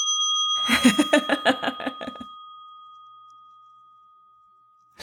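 A small bell rings in a quick, rattling burst of about a dozen bright metallic strikes, then a high, steady ring lingers and slowly fades into silence.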